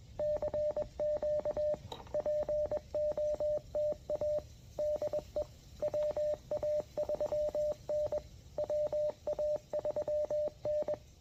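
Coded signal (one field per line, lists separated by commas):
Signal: Morse code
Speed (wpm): 21 wpm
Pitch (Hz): 590 Hz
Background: radio noise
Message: CQ POTA DE WA3N WA3N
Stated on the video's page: Morse code from a park activation using a new QRPLabs QMX transceiver.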